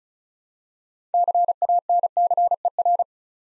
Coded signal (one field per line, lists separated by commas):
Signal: Morse code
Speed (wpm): 36 wpm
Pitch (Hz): 700 Hz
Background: none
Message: CANCER